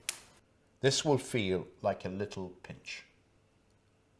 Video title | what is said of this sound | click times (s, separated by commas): Antibody test instruction video | firmly against your wiped finger until you hear a click. | 0.1 s